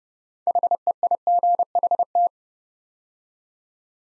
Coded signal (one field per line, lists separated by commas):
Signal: Morse code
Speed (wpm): 29 wpm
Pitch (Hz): 700 Hz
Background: none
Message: HEIGHT